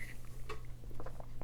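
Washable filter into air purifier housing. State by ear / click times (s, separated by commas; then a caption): not seated / none. A washable Alive Air purifier filter, whose bottom carries a small metal connector to the electronics, is handled and leaned into the top of the purifier housing over a steady low hum. Soft taps and rubbing sounds come at about 0.5, 1.0, 1.1, 1.2 and 1.4 seconds. Nothing has snapped or seated yet.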